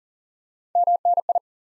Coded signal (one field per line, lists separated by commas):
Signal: Morse code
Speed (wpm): 40 wpm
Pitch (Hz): 700 Hz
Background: none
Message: MNI